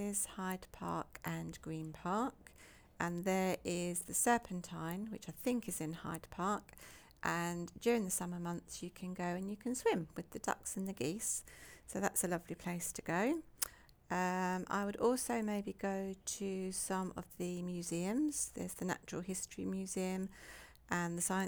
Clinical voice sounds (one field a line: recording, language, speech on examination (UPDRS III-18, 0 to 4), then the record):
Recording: conversation on a phone call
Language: English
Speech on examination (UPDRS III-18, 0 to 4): 0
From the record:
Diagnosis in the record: healthy control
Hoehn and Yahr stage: 0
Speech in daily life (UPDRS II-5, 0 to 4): 0